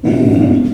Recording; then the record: squeal of a Yucatan mini pig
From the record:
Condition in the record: after surgery on the right vocal fold (resection and tissue-engineered implant); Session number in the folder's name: 3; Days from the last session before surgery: 21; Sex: female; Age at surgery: 19 weeks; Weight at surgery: 25 kg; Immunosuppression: prednisolone